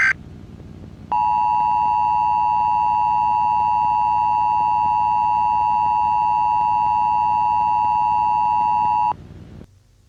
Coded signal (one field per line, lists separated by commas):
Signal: Emergency Alert System (SAME) tones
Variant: 853 and 960 Hz attention tone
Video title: EAS scenario/mock | learning with pibby